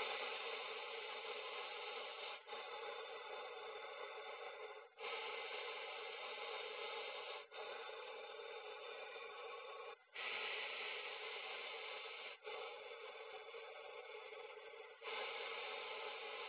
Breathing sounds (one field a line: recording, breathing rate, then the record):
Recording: paced breathing near a phone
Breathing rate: 12 breaths a minute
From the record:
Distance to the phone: 20 cm